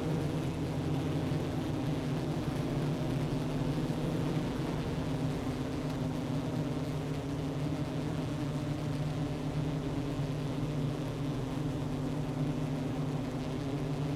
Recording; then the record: honeybee colony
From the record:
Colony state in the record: active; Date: 12 June 2018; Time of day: 11:05